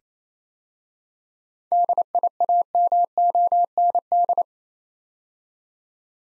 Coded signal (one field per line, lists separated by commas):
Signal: Morse code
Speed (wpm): 27 wpm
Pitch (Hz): 700 Hz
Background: none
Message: DIAMOND